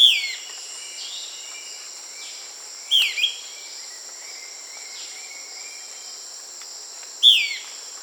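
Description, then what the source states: Euler's flycatcher giving a bright, downslurred whistled note three times a few seconds apart, the middle one followed by a shorter second note, over steady high-pitched insect drone. South America.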